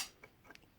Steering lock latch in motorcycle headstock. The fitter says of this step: you can hear the clicking.